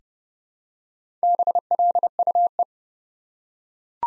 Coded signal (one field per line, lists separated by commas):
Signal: Morse code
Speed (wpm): 29 wpm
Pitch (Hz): 700 Hz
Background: none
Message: BLUE